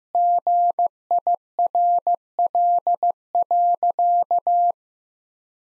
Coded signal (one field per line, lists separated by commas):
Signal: Morse code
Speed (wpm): 16 wpm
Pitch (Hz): 700 Hz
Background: none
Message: GIRL.